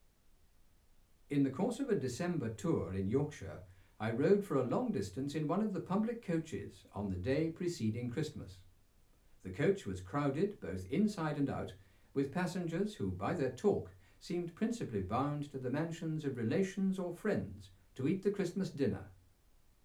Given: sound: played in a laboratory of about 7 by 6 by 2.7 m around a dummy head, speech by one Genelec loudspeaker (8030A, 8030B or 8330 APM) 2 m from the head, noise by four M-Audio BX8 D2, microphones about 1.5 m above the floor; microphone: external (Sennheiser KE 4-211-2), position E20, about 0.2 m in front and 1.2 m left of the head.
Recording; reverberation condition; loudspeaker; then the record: male speech in English; low; behind (180 degrees)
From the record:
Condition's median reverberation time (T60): about 310 ms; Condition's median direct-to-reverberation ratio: about 3.5 dB